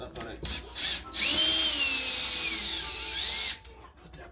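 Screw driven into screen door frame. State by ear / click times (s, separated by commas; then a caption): stripped / 3.7 s, 4.1 s. A power drill drives a screw into a screen door frame while the door is being installed, whining loudly from about 1.2 to 3.5 seconds as someone talks. Short sharp sounds follow at 3.7 and 4.1 seconds, and the screw strips out while being driven.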